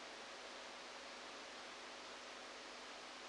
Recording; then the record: brain microelectrode recording played as sound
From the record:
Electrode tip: outside the subthalamic nucleus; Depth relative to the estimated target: -8 mm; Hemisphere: right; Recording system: NeuroSet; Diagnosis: Parkinson's disease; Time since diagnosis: 14 years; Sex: male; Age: 51 years